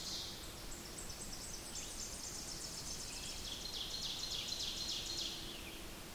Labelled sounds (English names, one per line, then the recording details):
Ovenbird song
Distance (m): 80 m
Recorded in boreal forest in Alberta, Canada, on 28 May 2016 at 06:12
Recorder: SongMeter 3, array SBT-3-49
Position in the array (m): 77 m, 237 m
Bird 14